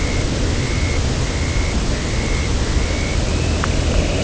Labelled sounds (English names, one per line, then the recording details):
Dunlin
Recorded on Arctic tundra, site UTQI-0, on 11 June 2019
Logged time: 08:00